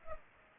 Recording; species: mosquito wingbeat signal from an infrared sensor; Culex pipiens